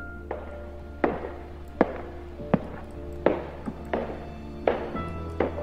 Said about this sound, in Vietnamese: Ở bên ngoài, hành lang dường như lại vang lên tiếng bước chân. Tiếng bước chân ở đây, nó không có đơn giản, mà nó là một nỗi ám ảnh.